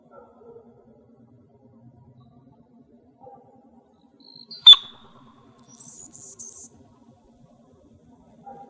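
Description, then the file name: Anna's hummingbird dive sound: one sharp, loud, high chirp midway, followed by a brief, buzzy, higher note. Dive display sound, recorded in Arizona on 29 November 2008. "ANHU DIVE 2 deviche"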